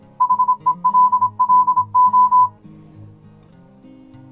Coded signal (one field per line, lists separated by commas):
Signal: Morse code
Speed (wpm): 26 wpm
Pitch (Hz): 1010 Hz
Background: none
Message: HELLO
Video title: DIY Arduino Morse code Decoder and Trainer